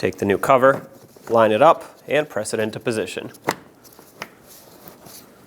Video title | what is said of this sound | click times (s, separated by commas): How to Replace Fog Light Covers 2006-2011 Honda Civic | Once you feel that it's snapped in place, pull on it to make sure it's going to stay. | 4.2 s